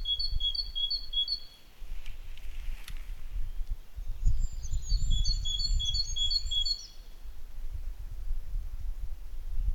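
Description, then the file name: Great tit delivers two short runs of repeated two-note phrases over steady low rumbling background noise, with a faint sharp click between them. "Parus major"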